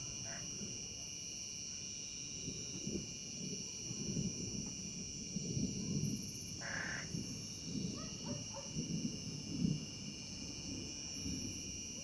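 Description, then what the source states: Cicada song: a continuous, high, steady buzzing drone that holds unchanged throughout, over low rolling rumbles of thunder and a few faint short chirps. Recorded with thunder in the distance.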